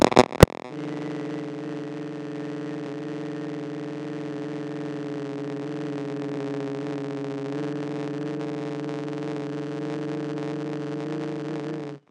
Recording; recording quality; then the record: sustained vowel as in beet; poor, much background noise or distortion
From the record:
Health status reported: healthy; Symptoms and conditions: none ticked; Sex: male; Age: 33 years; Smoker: not ticked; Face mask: not worn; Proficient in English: yes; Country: India